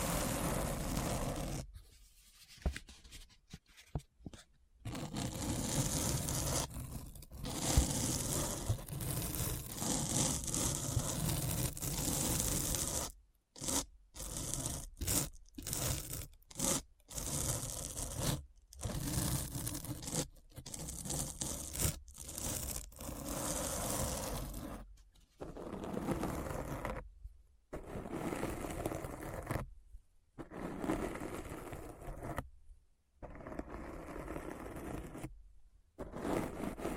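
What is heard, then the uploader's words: Deep Brain Scratch: a dense, rough scraping and tearing noise that fills everything from low rumble to hiss. It is chopped by abrupt silent gaps, clustered around 2–5 seconds, 13–19 seconds and from 25 seconds onward, giving a stuttering, cut-up rhythm. ASMR Deep Brain Scratch (No Talking).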